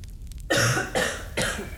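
Three quick, harsh coughs in a row from an adult man, each a short noisy burst.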